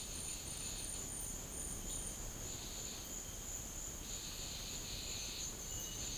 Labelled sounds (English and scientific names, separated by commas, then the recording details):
none
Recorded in dense forest near Puerto Asís, Putumayo, Colombia, on 12 March 2025 at 17:00
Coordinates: 0.500, -76.322
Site GP06